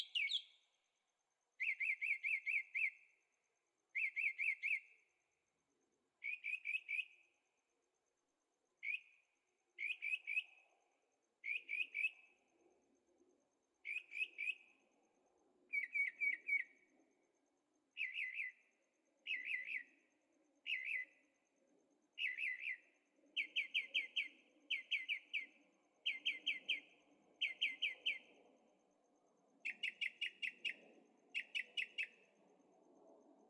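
A bird repeats short, buzzy chirped phrases about once a second, with a low motorcycle rumble rising faintly in the distance behind it.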